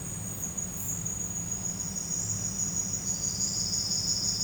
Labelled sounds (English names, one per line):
none